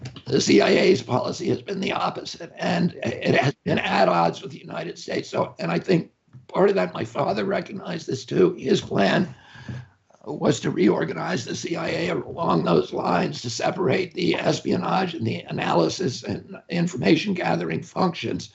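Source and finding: Adult man speaking. Spasmodic dysphonia.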